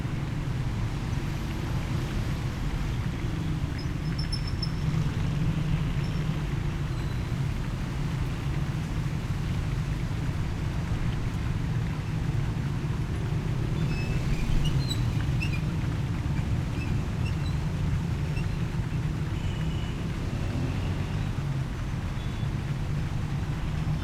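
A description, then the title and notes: A city soundscape at one of Tehran's gates, with a steady low rumble of traffic and a few faint high chirps drifting above. Soundscapes of gates of Tehran, Sound artist: Vedad Famourzadeh. So, I decided to field record the Soundscapes of the non-places, of locations of the non-existing gates.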